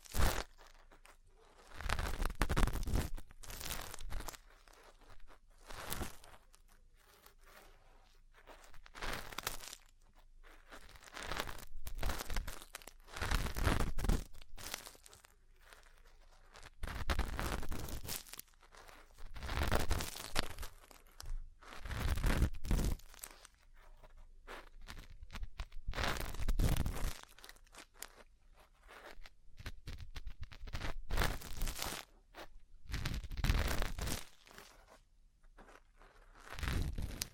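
Ear cleaning and massage sounds come as repeated crunchy, crinkling rubs and scrapes, each lasting a second or two, separated by brief quieter gaps. The bursts are bright and full, returning irregularly about every two to three seconds throughout.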